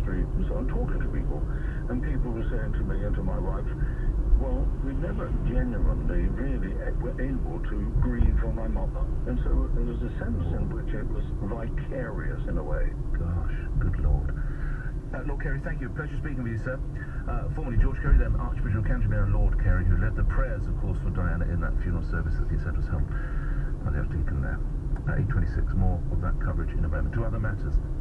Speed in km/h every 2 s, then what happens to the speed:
37, 37, 37, 37, 35, 34, 32, 31, 29, 31, 31, 31, 31, 31.
0-28 steady at about 31.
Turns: none.